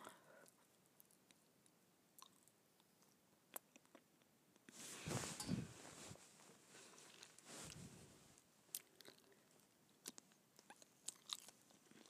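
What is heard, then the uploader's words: Gum chewing with sharp, wet clicks and smacks popping up irregularly, a few every second or so, over a near-silent background. Between about five and six seconds, and again near eight, a louder rushing, crinkly burst swells in, then fades back to sparse mouth clicks. ASMR Gum Chewing.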